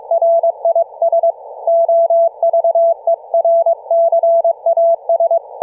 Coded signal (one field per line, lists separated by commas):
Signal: Morse code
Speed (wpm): 22 wpm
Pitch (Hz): 670 Hz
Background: none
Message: R IS OVERCAS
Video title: Forensic Audio & Network Testing a HomeBrew Remote Rig CW KEYING system for an ELECRAFT K3S(pt3)